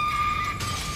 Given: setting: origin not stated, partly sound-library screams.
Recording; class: one-second piece from a danger detection set; woman in danger